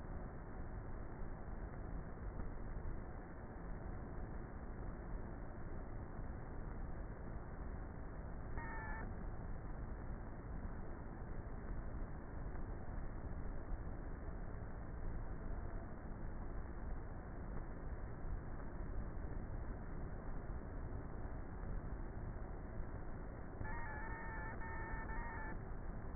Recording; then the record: honeybee colony, microphone inside the hive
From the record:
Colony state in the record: queenless with a low population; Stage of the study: before two queens were removed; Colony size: about 30,000 bees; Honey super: no